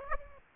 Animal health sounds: mosquito wingbeat signal from an infrared sensor; Aedes aegypti

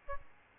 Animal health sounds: mosquito wingbeat signal from an infrared sensor; Aedes albopictus

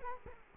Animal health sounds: mosquito wingbeat signal from an infrared sensor; Culex quinquefasciatus

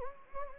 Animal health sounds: mosquito wingbeat signal from an infrared sensor; Anopheles gambiae

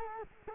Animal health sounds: mosquito wingbeat signal from an infrared sensor; Culex quinquefasciatus

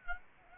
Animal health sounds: mosquito wingbeat signal from an infrared sensor; Aedes aegypti

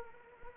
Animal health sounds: mosquito wingbeat signal from an infrared sensor; Anopheles arabiensis

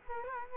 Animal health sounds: mosquito wingbeat signal from an infrared sensor; Culex quinquefasciatus

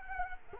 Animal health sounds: mosquito wingbeat signal from an infrared sensor; Culex quinquefasciatus

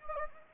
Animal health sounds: mosquito wingbeat signal from an infrared sensor; Anopheles gambiae

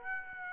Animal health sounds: mosquito wingbeat signal from an infrared sensor; Aedes aegypti

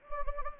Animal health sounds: mosquito wingbeat signal from an infrared sensor; Anopheles gambiae

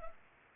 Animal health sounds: mosquito wingbeat signal from an infrared sensor; Culex pipiens

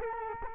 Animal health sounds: mosquito wingbeat signal from an infrared sensor; Culex quinquefasciatus

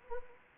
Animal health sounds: mosquito wingbeat signal from an infrared sensor; Anopheles arabiensis

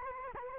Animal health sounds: mosquito wingbeat signal from an infrared sensor; Culex quinquefasciatus

